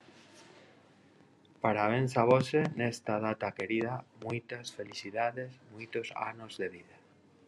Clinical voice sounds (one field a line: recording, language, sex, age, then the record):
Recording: short text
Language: Brazilian Portuguese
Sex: male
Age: 40 to 49 years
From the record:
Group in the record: control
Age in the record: 48 years